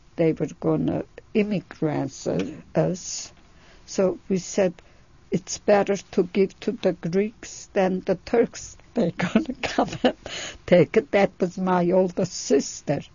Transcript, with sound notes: they were going to immigrant us, so we said, "It's better to give to the Greeks than the Turks." ( she laughs ) They're going to come and take it. That was my older sister.